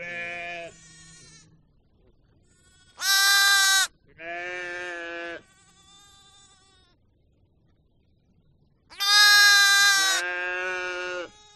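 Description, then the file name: Sheep bleats, several harmonic calls, mostly in pairs of a loud, harsh bleat followed by a softer one, separated by quiet gaps. "audio hero Sheep"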